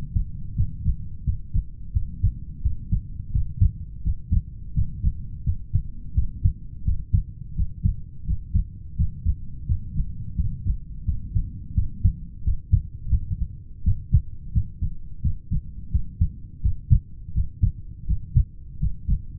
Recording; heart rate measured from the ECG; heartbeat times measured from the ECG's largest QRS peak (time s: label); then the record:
heart sounds by stethoscope; 86 bpm
0.54 s: heartbeat
1.23 s: heartbeat
1.91 s: heartbeat
2.61 s: heartbeat
3.30 s: heartbeat
4.01 s: heartbeat
4.72 s: heartbeat
5.42 s: heartbeat
6.13 s: heartbeat
6.83 s: heartbeat
7.54 s: heartbeat
8.24 s: heartbeat
8.94 s: heartbeat
9.65 s: heartbeat
10.34 s: heartbeat
11.03 s: heartbeat
11.73 s: heartbeat
12.42 s: heartbeat
13.08 s: heartbeat
13.82 s: heartbeat
14.51 s: heartbeat
15.20 s: heartbeat
15.90 s: heartbeat
16.60 s: heartbeat
17.32 s: heartbeat
18.05 s: heartbeat
18.78 s: heartbeat
From the record:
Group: heart failure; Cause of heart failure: idiopathic cardiomyopathy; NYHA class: 2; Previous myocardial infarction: absent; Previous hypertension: absent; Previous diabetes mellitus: absent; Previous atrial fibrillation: present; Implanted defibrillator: present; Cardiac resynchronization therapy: present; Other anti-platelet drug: absent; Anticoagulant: warfarin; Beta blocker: metoprolol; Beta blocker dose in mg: 50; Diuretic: furosemide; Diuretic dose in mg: 40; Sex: male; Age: 62 years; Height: 184 cm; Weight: 101 kg